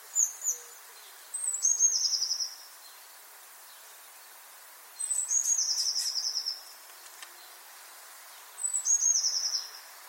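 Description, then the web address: Eurasian blue tit repeating a high phrase about every three and a half seconds: thin piercing notes leading into a rapid trill. "cianscape. Deverinetal"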